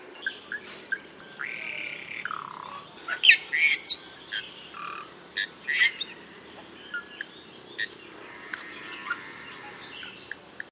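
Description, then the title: Bali myna giving a drawn-out whistled slur followed by clusters of harsh, buzzy notes and short chirps, then sparse short notes. "Jalak Bali"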